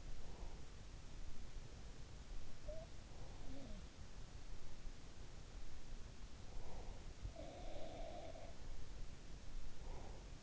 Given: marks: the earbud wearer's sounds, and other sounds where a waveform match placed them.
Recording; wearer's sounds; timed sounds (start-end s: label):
sounds in sleep by an in-ear microphone; breath
0.00-0.93 s: breath
2.23-4.14 s: sound from someone else or the room
6.89-8.86 s: sound from someone else or the room
9.73-10.43 s: breath